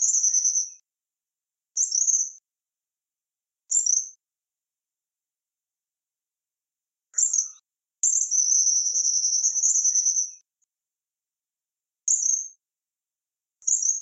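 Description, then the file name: Tropical kingbird song: short high twittering notes at irregular intervals and one longer twittering trill of about two seconds, with silences between. "canto do suiriri"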